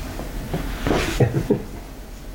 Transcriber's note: laughs